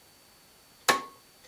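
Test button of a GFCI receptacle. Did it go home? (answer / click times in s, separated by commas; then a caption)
released / 0.9 s. The test button on a GFCI wall receptacle is pressed hard until the internal mechanism trips, releasing with a single sharp click at 0.9 s that rings out briefly before fading. The rest of the clip is near-silent apart from a faint tick near the end, and the receptacle is left tripped.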